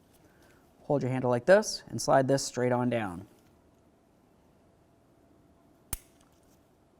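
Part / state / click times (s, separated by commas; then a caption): retaining clip into window crank handle / seated / 5.9 s. A metal retaining clip is slid straight down into the plastic window crank handle from a 2003–08 Toyota Matrix front window. Someone talks from about 0.9 to 3.3 seconds, then a single sharp click at 5.9 seconds is heard as the clip seats in the handle.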